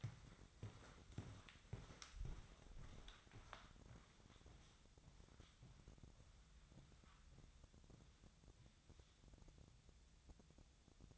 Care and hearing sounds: daily activity, microphone in the room; walk to room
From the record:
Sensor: 3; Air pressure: 999.4 hPa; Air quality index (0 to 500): 197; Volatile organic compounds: 44 ppm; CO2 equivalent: 3209 ppm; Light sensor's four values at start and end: 8/18/7/7 and 8/19/7/7

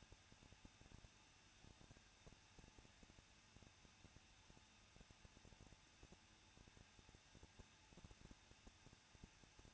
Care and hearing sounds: daily activity, microphone in the room; no activity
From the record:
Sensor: 2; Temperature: 21.0 degrees Celsius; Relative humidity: 37.6%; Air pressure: 1006.3 hPa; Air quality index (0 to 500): 224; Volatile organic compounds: 25 ppm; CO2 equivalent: 2847 ppm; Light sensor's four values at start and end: 2/3/2/2 and 2/3/2/2

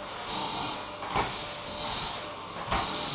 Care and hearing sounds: daily activity, microphone in the room; vacuum cleaning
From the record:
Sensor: 1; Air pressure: 995.3 hPa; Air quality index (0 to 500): 25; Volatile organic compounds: 1 ppm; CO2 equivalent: 508 ppm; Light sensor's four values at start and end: 17/56/20/22 and 17/56/20/22

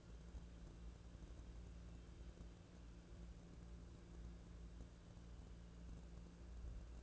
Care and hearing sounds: daily activity, microphone in the room; wipe stove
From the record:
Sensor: 2

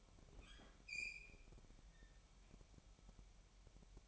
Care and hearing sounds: daily activity, microphone in the room; open fridge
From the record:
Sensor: 1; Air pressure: 1002.0 hPa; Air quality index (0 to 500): 244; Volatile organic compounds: 49 ppm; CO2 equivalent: 3285 ppm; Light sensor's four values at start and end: 8/28/10/11 and 8/28/10/11

